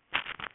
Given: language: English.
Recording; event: throat vibration sensor signal played as sound; swallow